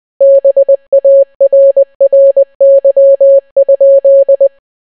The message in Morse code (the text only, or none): BARRY?